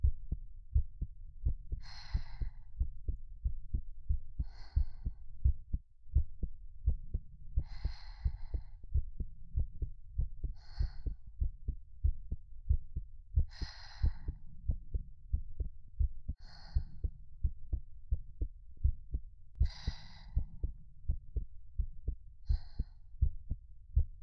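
Steady, soft low thumps of an adult heartbeat, heard up close, in paired lub-dub beats at about 87 a minute with an even rhythm. Slow, gentle breath sounds rise and fall every few seconds over the heartbeat.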